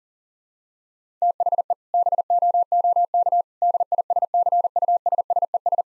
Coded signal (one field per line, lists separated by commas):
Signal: Morse code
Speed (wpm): 40 wpm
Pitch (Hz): 700 Hz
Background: none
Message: THE BOOK DISCUSSES